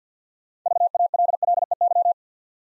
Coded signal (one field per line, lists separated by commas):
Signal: Morse code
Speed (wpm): 50 wpm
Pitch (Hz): 700 Hz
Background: none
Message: VALLEY